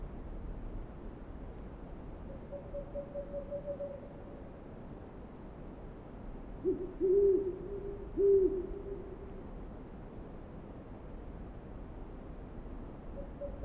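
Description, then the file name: Owl calls: a faint, quick series of higher notes early, then two louder low hoots about a second apart. Several owls recorded on 28 February 2009. "090228-0405 owls"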